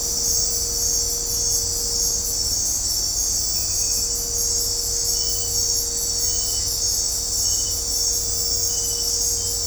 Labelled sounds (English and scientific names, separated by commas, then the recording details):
none
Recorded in dense forest near Puerto Asís, Putumayo, Colombia, on 26 December 2024 at 21:30
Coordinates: 0.503, -76.323
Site G043